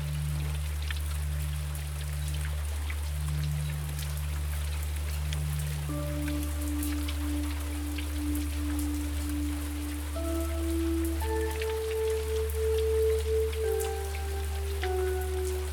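Rain falls steadily, a dense patter with scattered sharper drops throughout. A low, even hum sits underneath, swelling softly in the first six seconds; after that, gentle held notes enter one at a time, stepping slowly from pitch to pitch until the end.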